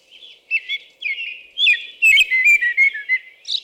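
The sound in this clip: American robin song of soft whistled phrases building into a louder, faster run of slurred notes.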